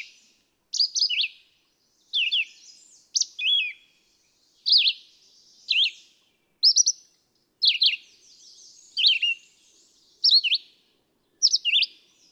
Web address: songs Red-eyed Vireo